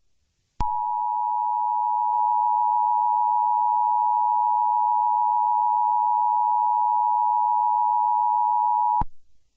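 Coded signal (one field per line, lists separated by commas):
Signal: Emergency Alert System (SAME) tones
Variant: 853 and 960 Hz attention tone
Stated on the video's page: A fictional EAS scenario depicting a reality-threatening god arriving on earth.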